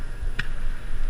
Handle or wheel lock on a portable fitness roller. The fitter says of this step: roll same thing make sure they lock into place and